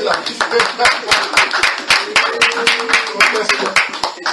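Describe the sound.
A group applauds for children, with many hands clapping in a brisk, steady patter that holds for several seconds. A voice calls out faintly beneath the applause.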